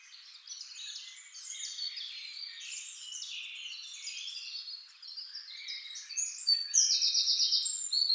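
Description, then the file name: Eurasian wren song, a dense stream of high twittering notes that ends in a loud, fast, buzzy trill. "Troglodytes troglodytes"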